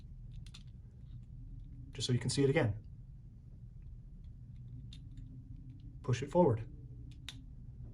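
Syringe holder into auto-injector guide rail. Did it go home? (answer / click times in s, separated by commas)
yes / 7.3 s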